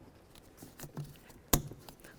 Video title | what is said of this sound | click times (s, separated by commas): How to Replace Knock Sensor 2006-10 Ford Explorer | Listen for that click. Make sure it's secure. | 1.5 s